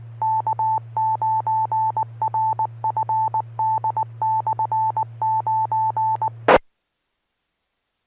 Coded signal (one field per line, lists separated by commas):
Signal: Morse code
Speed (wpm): 19 wpm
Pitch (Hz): 880 Hz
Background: none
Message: K9RFD/9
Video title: Friday Night Fun Net | Amateur Radio Worldwide Live Stream Radio | KD9MED